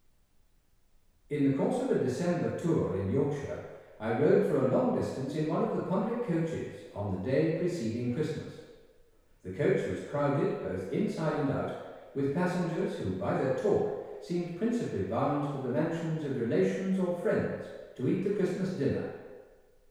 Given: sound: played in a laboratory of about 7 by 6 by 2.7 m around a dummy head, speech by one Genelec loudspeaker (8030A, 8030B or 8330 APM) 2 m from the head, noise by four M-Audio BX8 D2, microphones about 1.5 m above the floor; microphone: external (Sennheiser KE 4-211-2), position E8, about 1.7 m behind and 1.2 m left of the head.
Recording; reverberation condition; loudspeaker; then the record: male speech in English; high; 90 degrees to the left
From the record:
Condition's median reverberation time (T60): about 1300 ms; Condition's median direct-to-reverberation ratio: about -4.0 dB